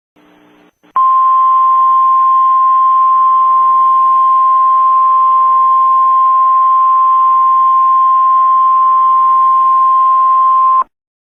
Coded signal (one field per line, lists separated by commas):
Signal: Emergency Alert System (SAME) tones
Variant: 1050 Hz attention tone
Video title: EAS Comedy: Evil Killer Chinese Dragon Alert